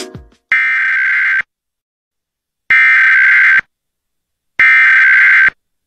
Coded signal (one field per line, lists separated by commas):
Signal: Emergency Alert System (SAME) tones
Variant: header bursts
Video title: FEMA National EAS Test - October 4th 2023